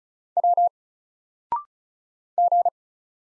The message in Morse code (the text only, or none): W G